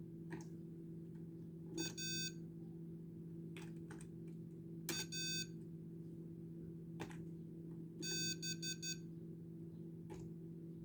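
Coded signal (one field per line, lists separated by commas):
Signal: Morse code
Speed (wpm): 12 wpm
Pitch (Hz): 1550 Hz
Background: none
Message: A A B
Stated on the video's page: Morse code generated by an ATmega328P microcontroller.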